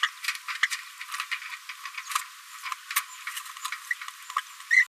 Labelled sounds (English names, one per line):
Green-rumped Parrotlet babbling